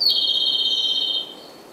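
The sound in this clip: Japanese robin song: a single high, rapidly trilled phrase starting with a sharp high note, held steady for over a second before cutting off.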